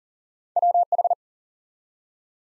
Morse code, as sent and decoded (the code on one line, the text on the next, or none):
.-- ....
WH